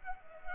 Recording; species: mosquito wingbeat signal from an infrared sensor; Culex pipiens